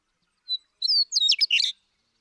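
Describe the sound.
Western meadowlark giving one short, loud song: a single whistled note, then a fast, bubbling, warbled phrase of slurred flute-like notes.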